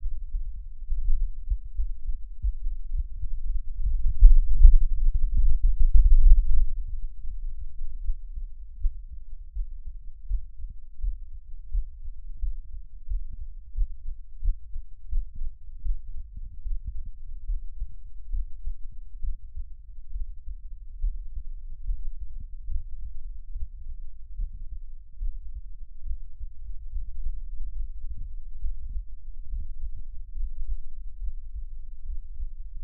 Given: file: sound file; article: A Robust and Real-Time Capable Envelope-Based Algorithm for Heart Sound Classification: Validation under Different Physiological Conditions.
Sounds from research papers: heart sounds by electronic stethoscope; rest; normal; lying on back; Erb’s point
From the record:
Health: healthy, no known heart disease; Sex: male

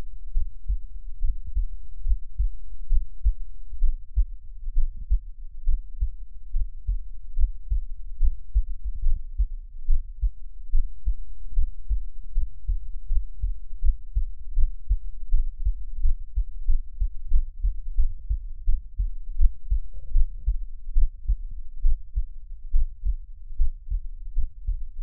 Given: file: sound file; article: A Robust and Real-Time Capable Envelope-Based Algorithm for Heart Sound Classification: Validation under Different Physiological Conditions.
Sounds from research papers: heart sounds by electronic stethoscope; rest; normal; lying on back; Erb’s point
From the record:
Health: healthy, no known heart disease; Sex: male

